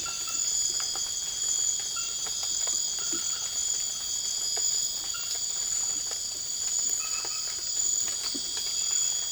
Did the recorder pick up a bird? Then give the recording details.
no. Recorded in secondary vegetation near Puerto Asís, Putumayo, Colombia, on 12 March 2025 at 00:30. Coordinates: 0.488, -76.319. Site G095